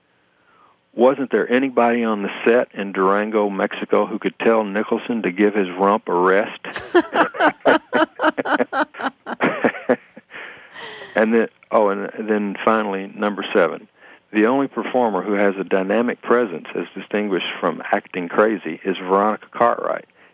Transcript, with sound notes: Wasn't there anybody on the set in Durango, Mexico, who could tell Nicholson to give his rump a rest?
(LAUGHTER)
And then, finally, No. 7. The only performer who has a dynamic presence, as distinguished from acting crazy, is Veronica Cartwright.